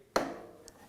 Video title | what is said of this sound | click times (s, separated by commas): Gear Up - Episode 043 (Bike Chain Repair) | did you hear that click so that click right there | 0.2 s